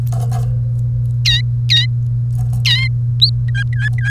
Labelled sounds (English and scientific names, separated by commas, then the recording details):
Domestic Canary (Serinus canaria) song
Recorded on 1 May 2018 at 10:10
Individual llb3